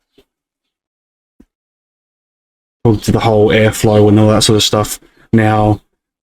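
A Hygger aquarium sponge filter's retractable plastic outlet tube is handled before being pushed into its base, with a few faint small handling ticks, including one near 1.4 seconds. Someone then talks from about 2.8 seconds to the end. The tube has not clicked into place yet.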